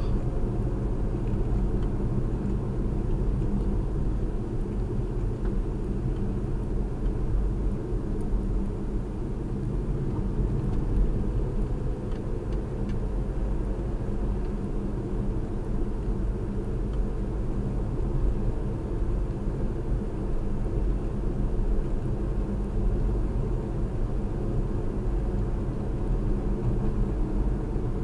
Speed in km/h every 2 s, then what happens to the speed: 52, 50, 47, 47, 47, 47, 50, 52, 50, 50, 50, 52, 52, 53.
0-28 steady at about 50.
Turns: none.